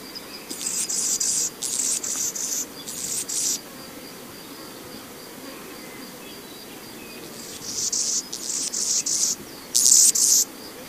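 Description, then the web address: Anna's Hummingbird singing harsh, sizzling, squeaky phrases in two bursts, one at the start and one near the end, separated by a quiet stretch of background hiss. "Songs of Birds of North America Know Your Bird Sounds Common Western Species. Annas Hummingbird"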